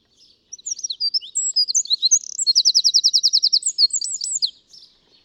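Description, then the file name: Eurasian wren singing a rapid, high, tumbling song of sharp varied notes, built around an even, machine-gun-like trill before a few closing twitters. "Troglodytes troglodytes"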